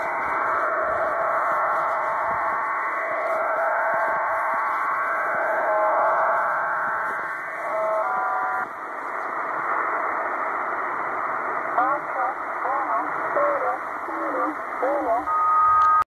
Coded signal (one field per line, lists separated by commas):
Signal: numbers station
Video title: Cuban Spy numbers 9240 kHz USB